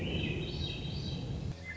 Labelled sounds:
Swainson's Thrush

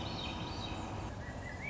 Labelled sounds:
Swainson's Thrush

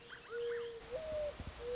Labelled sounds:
Mourning Dove

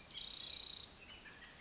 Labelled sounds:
Spotted Towhee

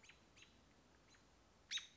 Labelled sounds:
American Robin

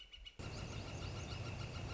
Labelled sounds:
Northern Flicker

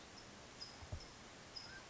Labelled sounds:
Mountain Quail

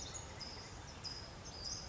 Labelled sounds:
Western Flycatcher

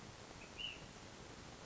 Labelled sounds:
Ash-throated Flycatcher

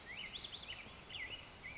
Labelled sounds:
Black-headed Grosbeak

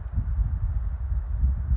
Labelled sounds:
California Towhee

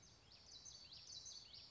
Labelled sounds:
Common Yellowthroat

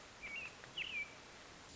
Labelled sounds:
American Robin

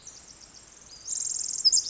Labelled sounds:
Pacific Wren

